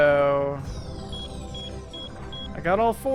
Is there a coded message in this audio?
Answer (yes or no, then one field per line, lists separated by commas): no